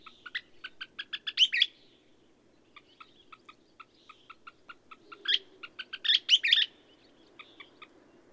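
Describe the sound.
Bird song: runs of short, clipped notes build into a loud, rich flourish, heard twice, over a faint low rumble.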